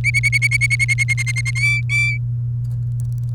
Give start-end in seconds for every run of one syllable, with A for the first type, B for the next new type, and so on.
0.04-1.51 A, 1.55-2.18 B